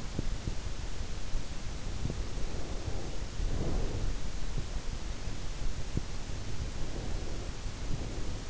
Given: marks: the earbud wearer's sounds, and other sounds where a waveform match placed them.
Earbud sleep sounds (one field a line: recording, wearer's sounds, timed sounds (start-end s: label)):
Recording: sounds in sleep by an in-ear microphone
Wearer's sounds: breath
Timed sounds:
2.32-4.11 s: breath
6.45-8.49 s: breath